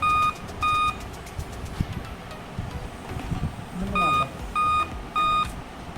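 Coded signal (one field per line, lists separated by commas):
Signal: beep code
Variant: Dell laptop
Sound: bright electronic beeps, about 1.2 kHz, in a repeating group of three short beeps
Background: room noise, faint voices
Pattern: 3 short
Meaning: On Dell laptops, three beeps indicate a system board or chipset failure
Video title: BENGALI VLOG DELL LAPTOP 3 BEEP SOUND PROBLEM SOLVE. সঙ্গে আড্ডা ও গপ্পো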